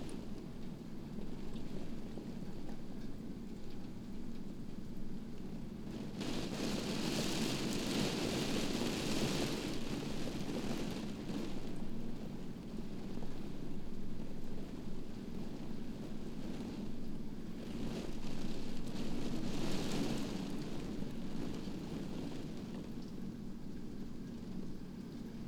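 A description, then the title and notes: Rain patters steadily against a window, a dense, even hiss with a low rumbling undertone throughout. The sound swells and brightens in gusts, around six to eleven seconds and again near eighteen to twenty-one seconds, before easing back to a softer, constant wash. Rain on the Window. In this episode, you will hear the rain against the window.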